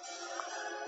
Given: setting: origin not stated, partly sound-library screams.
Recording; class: one-second piece from a danger detection set; woman in danger